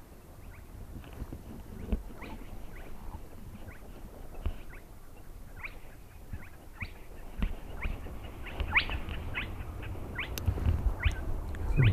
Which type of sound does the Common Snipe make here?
bleating